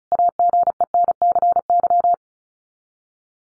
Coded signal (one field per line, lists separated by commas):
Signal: Morse code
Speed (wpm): 34 wpm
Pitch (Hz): 700 Hz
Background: none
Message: AGENCY